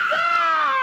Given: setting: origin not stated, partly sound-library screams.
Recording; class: one-second piece from a danger detection set; woman in danger